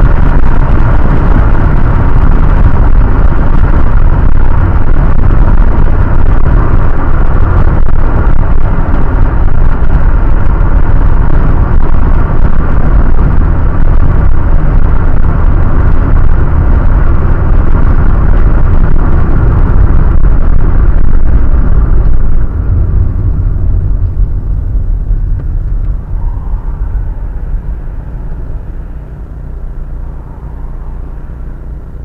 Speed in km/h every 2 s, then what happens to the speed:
99, 94, 92, 87, 83, 81, 80, 80, 80, 79, 56, 40, 15, 10, 2, 0.
0-9 slows to 81. 9-18 steady at about 80. 18-28 brakes to 2. 28-32 standing.